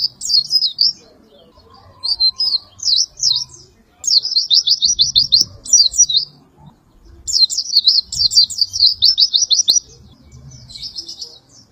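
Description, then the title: White-eye song with scattered high chirps then two extended rapid twittering trills, each lasting a few seconds, faint low background. "Pleci"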